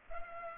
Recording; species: mosquito wingbeat signal from an infrared sensor; Culex pipiens